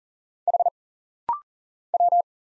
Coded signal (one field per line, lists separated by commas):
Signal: Morse code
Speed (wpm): 40 wpm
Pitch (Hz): 700 Hz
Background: none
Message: H W